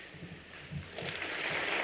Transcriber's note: applause